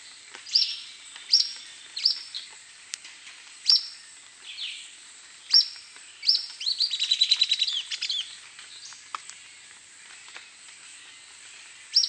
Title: LuckyPassaro Completos2Sama. Grey Elaenia (Myiopagis caniceps)